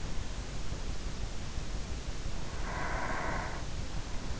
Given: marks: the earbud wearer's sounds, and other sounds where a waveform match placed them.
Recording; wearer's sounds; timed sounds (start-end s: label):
sounds in sleep by an in-ear microphone; breath
2.27-4.29 s: breath